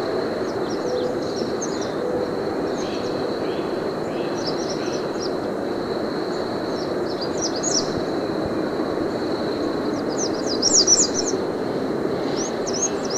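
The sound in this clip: American redstart song: clusters of very high, thin, quick notes in short bursts, over a loud steady rushing noise and a constant high-pitched tone.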